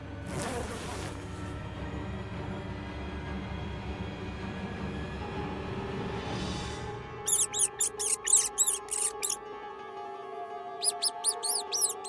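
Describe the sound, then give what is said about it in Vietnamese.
Two large black-furred mice stirring inside a wardrobe: a low, muffled rumbling shuffle, then two clusters of rapid, shrill, high-pitched squeaks chirping in quick bursts, with no talking. “Bên trong tủ vẫn có tiếng sục sạo.”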